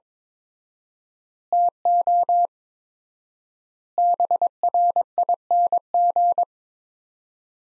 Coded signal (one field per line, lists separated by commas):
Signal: Morse code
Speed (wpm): 22 wpm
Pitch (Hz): 700 Hz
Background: none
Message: TO BRING